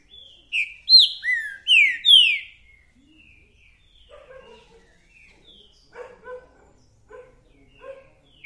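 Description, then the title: Green-winged saltator song: a loud phrase of five clear, downward-slurred whistles, followed by softer, lower chirping notes. Male singing and calling in a territorial dispute; described as a repeater that sings one song after another. "TRINCA Piando, Cantando E Macheando Na DISPUTA. TRINCA FERRO REPETIDOR !! UM CANTO ATRÁS DO OUTRO!!! TRINCA FERRO MERCENARIO!"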